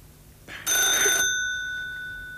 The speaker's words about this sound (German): Das Telefon.